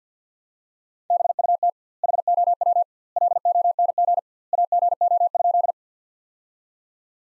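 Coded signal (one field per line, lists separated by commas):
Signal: Morse code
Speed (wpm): 50 wpm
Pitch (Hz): 700 Hz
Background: none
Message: BUT HOW LONG AGO?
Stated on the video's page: Morse practice of sentences built from the top 500 words at 50 wpm with double word spacing, a word-level analogue of Farnsworth spacing.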